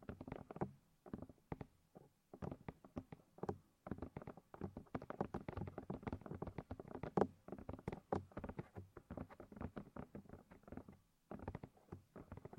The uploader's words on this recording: ASMR Sleep With Deep Ear Massage (No Talking).